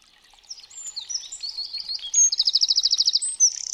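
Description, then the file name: Eurasian wren song: a rapid run of high, sharp notes that breaks into a fast, loud, even trill, then more high notes. "STRZYZYK"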